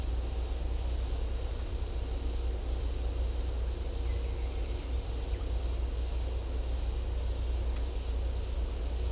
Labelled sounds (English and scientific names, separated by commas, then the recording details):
none
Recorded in secondary vegetation near Puerto Asís, Putumayo, Colombia, on 16 December 2024 at 09:30
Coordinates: 0.500, -76.326
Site G065